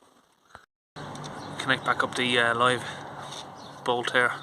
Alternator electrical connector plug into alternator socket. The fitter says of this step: Plug that all the way back in until it clicks.